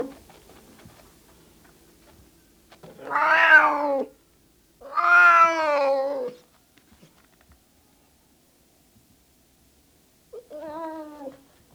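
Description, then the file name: Cat giving three drawn-out meows, two close together in the first half and a shorter, quieter one near the end, with silence between. Male cat (tomcat) meowing. "Miauwen van een kater - Sound Cloud - Beeld en Geluid"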